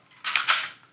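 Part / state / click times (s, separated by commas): spring plunger latching into a dynamics cart / seated / 0.4 s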